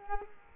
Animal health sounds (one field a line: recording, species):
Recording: mosquito wingbeat signal from an infrared sensor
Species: Culex quinquefasciatus